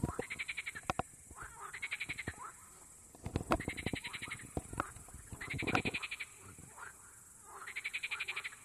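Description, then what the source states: Frogs calling in rapid pulsed rattling bursts about every two seconds, each burst lasting roughly half a second, mixed with sharp clicks and knocks. Frogs at Nová Oleška.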